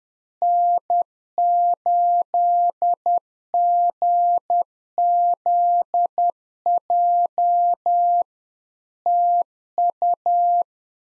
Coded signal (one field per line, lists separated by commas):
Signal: Morse code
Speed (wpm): 10 wpm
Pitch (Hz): 700 Hz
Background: none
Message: N8GZJ TU